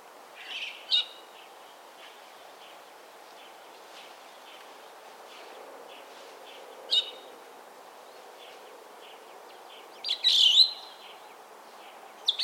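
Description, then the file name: Chestnut-cheeked starling calls: a few sharp, high chirps near the start and at seven seconds, then a short buzzy squeaky burst around ten seconds, with quiet background hiss between. "Sturnus philippensis"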